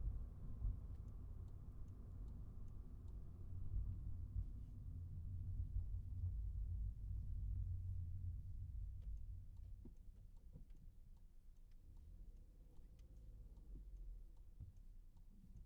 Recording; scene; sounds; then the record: everyday scene through a hearing-aid microphone; in a vehicle; engine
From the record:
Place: Skoda Fabia, gasoline engine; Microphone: behind the ear, right, front